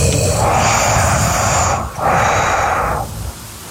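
One full breath cycle from a sleeping adult: a long, loud hissing inhale of nearly two seconds, a brief pause, then a shorter whooshing exhale. The airflow is echoey and vacuum-like, with a Darth Vader-like quality and no snoring rattle; it is not a snore. This is heavy breathing entirely through the nose during genuine sleep, with the mouth closed.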